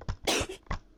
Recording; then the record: coughing mixed with background sound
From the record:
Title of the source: 61 morning phlegmy cough...again